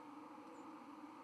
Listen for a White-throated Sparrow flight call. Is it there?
no